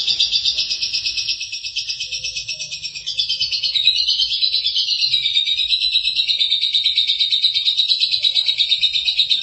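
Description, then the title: Lovebird song, a long unbroken stream of shrill rapid chattering notes, steady and buzzy, shifting slightly up and down. "Suara Burung Lovebird"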